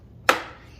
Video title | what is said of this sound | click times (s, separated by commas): Levoit Pet Air Purifier Setup & Review | until it clicks into place. | 0.3 s